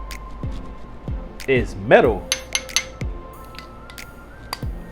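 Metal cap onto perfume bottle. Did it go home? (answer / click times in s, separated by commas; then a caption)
yes / 2.6 s, 2.8 s. A metal cap is pushed onto a perfume bottle, with sharp clicks at about 2.6 s and 2.8 s as it snaps securely into place while someone talks. The cap is seated on the bottle.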